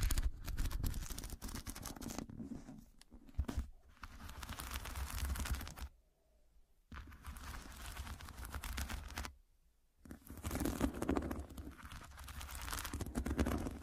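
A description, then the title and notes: Dense, rough scratching rasps on with a gritty, papery texture, broken by two near-silent pauses around six and nine seconds. Pure Scratching.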